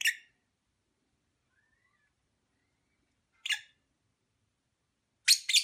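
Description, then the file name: Lovebird gives three brief, piercing chirps separated by long stretches of quiet, the last one doubled. Lovebird sounds recorded during a mating ritual. "suara ritual kawin lovebird omkicau"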